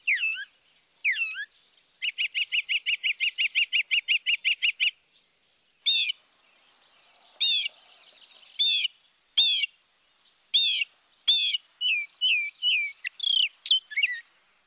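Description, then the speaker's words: Northern Mockingbird song: varied high phrases, a downslurred note twice, then a rapid run of many identical notes, followed by separate scratchy phrases and chattering notes. Mimic with a varied song repertoire; phrases normally repeated three or more times. "Listen to the mockingbird and estimate the number of repetitions for each phrase."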